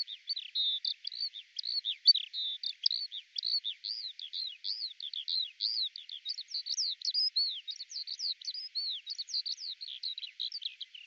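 Eurasian skylark singing a continuous, fast warble of thin chirps and rising and falling whistles, with no other sounds.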